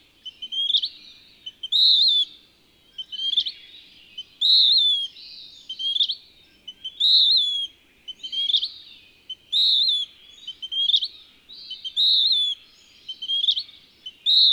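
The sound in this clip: Bird song: a loud, high warbled phrase of chirps and whistles repeated over and over.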